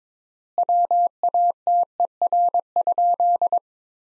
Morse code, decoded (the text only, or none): WATER?